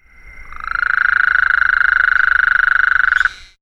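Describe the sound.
Gulf Coast toad giving one steady, buzzy trill of rapid even pulses that lasts nearly three seconds and stops abruptly.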